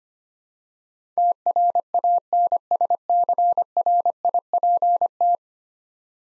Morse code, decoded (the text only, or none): TRANSCRIPT